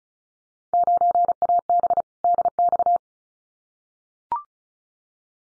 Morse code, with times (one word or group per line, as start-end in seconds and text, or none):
0.7-2.0 9AB
2.2-3.0 DX